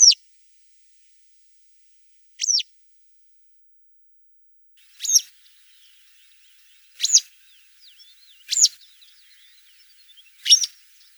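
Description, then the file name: Citrine wagtail calls: six sharp, high, downward-sweeping notes at irregular intervals of about two seconds, with faint soft twittering between the later calls. "Trjasoguzka zheltogolovaja malaja"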